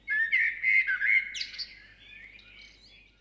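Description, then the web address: Birds singing, a bright warbled phrase of rising and falling whistles that fades into softer trailing notes. Birds at sunrise in the South Seas. "Suedsee vögel bei sonnenaufgang"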